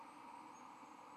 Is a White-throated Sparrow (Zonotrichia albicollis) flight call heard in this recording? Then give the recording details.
no. No flight call is heard. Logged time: 03:32 on 23 November 2014